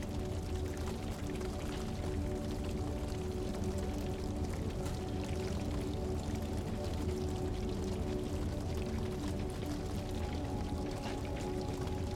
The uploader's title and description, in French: Son du FEU Authentique et une MUSIQUE Envoûtante. Le crépitement réconfortant du feu se mêle à une musique douce et envoûtante